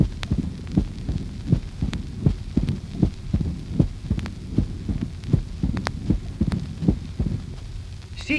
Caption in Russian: Диастолический шум при сужении левого атриовентрикулярного отверстия. Он лучше всего слышен в начале и в конце диастолы, то есть в пресистоле. Пресистолический шум короткий, нарастающий, заканчивающийся первым хлопающим тоном.